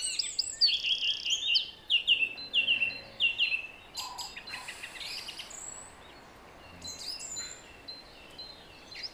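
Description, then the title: Song thrush song, brief phrases repeated in quick succession, then quieter scattered notes with faint background hiss. Song at 06h. "Zanglijster 06h Durenne2"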